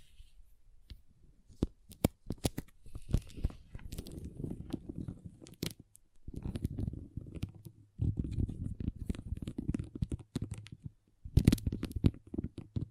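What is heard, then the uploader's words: Small plastic pixel art beads rattle and click in dense bursts, with sharp ticks scattered throughout and brief pauses near six, eight and eleven seconds. ASMR Relaxing Pixel Art Beads ( No Talking).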